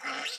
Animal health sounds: pig call; piglet (1 to 25 days)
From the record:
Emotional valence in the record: negative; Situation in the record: restrain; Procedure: in the arms of a person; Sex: female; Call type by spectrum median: low-frequency call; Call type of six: mixed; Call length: 0.39 s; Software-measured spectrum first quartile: 1485 Hz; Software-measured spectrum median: 2375 Hz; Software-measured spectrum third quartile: 3809 Hz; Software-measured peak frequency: 2076 Hz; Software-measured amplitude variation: 125 dB a second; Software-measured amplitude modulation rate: 16.7 a second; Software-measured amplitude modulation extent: 7.5 dB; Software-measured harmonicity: 0.2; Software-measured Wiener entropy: -1.27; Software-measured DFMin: 693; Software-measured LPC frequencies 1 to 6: 752, 1408, 2062, 2820, 4087, 5322 Hz

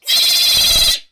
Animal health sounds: pig call; piglet (1 to 25 days)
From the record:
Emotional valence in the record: negative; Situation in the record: restrain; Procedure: back test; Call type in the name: high-frequency call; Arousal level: maximum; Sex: male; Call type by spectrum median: high-frequency call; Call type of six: high-frequency modulated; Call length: 1.12 s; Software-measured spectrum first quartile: 3681 Hz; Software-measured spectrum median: 4616 Hz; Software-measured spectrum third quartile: 7005 Hz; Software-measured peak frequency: 3935 Hz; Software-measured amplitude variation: 120 dB a second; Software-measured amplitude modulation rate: 23.7 a second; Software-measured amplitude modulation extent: 5.1 dB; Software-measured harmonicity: 5.2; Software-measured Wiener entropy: -2.33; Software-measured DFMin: 635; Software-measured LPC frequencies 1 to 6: 810, 2513, 3366, 4039, 4828, 6121 Hz

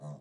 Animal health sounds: pig call; piglet (1 to 25 days)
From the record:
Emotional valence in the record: negative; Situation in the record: short isolation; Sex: female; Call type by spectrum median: low-frequency call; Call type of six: low-frequency stable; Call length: 0.21 s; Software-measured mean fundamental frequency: 72 Hz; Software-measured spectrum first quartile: 151 Hz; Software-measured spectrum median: 251 Hz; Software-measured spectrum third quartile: 733 Hz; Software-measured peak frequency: 147 Hz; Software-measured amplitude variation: 102 dB a second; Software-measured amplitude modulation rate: 11.7 a second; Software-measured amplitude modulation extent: 8.7 dB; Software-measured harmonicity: 4.2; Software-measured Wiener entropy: -0.38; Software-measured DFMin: 1091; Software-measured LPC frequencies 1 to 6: 620, 3910, 5966, 6854, 7687, 8422 Hz

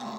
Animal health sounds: pig call; piglet (1 to 25 days)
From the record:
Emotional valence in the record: negative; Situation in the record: short isolation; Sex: male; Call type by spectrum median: low-frequency call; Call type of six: low-frequency tonal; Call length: 0.19 s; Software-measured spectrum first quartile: 340 Hz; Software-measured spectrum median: 754 Hz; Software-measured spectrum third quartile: 1414 Hz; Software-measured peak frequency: 227 Hz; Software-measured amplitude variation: 63 dB a second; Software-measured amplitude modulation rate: 13.4 a second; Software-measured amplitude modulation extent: 4.7 dB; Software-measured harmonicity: 2.0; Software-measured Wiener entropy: -0.65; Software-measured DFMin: 794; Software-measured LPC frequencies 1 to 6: 928, 3720, 4402, 5403, 6197, 6994 Hz

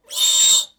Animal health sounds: pig call; piglet (1 to 25 days)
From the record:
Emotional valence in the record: negative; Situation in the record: restrain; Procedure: back test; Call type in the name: high-frequency call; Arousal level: maximum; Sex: male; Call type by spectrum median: high-frequency call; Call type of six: high-frequency modulated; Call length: 0.79 s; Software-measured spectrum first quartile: 3693 Hz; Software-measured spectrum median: 5744 Hz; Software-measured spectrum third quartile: 7645 Hz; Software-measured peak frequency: 3655 Hz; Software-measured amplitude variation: 167 dB a second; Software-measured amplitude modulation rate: 20.2 a second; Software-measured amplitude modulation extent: 8.3 dB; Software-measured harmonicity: 8.2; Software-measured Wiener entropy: -2.66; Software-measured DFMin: 1029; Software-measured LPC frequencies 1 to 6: 991, 2153, 3065, 3673, 4293, 5963 Hz

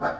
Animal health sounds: pig call; growing-finishing pig (85 days or more)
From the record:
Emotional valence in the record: positive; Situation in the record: run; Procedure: transit

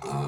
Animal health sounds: pig call; weaner (32 to 43 days)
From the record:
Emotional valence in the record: negative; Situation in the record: long isolation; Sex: female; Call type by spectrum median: low-frequency call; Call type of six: low-frequency modulated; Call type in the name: low-frequency modulated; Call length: 0.29 s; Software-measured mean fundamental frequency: 69 Hz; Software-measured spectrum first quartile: 181 Hz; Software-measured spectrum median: 436 Hz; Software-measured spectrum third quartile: 1086 Hz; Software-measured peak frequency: 398 Hz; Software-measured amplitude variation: 72 dB a second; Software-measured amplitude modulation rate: 24.3 a second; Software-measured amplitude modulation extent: 3.0 dB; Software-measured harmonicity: 0.1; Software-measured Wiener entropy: -0.89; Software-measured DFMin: 715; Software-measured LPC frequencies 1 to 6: 693, 2449, 3577, 4232, 5031, 6209 Hz

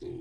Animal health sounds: pig call; weaner (32 to 43 days)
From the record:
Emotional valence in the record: positive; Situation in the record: positive conditioning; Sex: female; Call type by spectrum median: low-frequency call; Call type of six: low-frequency stable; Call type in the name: low-frequency stable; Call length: 0.20 s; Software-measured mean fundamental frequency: 58 Hz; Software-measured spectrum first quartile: 228 Hz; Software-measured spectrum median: 335 Hz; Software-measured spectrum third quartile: 400 Hz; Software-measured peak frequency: 353 Hz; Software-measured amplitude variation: 149 dB a second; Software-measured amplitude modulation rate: 34.1 a second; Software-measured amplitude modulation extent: 4.4 dB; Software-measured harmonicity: 6.4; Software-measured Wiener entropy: -0.05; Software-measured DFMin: 809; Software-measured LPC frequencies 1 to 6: 357, 2173, 3563, 4032, 4933, 5475 Hz

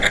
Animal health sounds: pig call; piglet (1 to 25 days)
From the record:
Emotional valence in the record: positive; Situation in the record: reunion after long isolation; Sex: male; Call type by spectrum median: low-frequency call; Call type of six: low-frequency tonal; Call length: 0.11 s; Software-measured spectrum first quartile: 853 Hz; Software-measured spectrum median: 1743 Hz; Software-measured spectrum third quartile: 2635 Hz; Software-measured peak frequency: 1681 Hz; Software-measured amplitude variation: 137 dB a second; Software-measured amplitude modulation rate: 13.7 a second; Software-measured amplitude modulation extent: 10.0 dB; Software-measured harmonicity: 1.4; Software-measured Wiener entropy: -1.24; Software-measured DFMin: 989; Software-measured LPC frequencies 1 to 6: 634, 1653, 2086, 3413, 3737, 4441 Hz

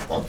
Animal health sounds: pig call; piglet (1 to 25 days)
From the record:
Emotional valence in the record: positive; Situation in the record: reunion after long isolation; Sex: male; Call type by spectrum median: low-frequency call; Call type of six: low-frequency tonal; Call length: 0.29 s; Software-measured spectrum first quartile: 332 Hz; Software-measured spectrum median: 598 Hz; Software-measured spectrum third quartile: 1189 Hz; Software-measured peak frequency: 595 Hz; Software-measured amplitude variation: 160 dB a second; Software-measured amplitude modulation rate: 26.1 a second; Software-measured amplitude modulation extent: 6.1 dB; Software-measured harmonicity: 0.7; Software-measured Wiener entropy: -0.90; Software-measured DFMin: 681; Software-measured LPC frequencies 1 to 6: 595, 1827, 2766, 3430, 4709, 5489 Hz

